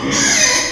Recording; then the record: squeal of a Yucatan mini pig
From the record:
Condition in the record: before surgery on the right vocal fold (resection and tissue-engineered implant); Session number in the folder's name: 2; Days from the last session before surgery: 0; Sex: male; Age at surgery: 12 weeks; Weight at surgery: 13 kg